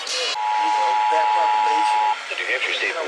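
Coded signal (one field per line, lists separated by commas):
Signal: Emergency Alert System (SAME) tones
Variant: 853 and 960 Hz attention tone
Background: speech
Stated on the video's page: New Hampshire EAS Required Monthly Test captures.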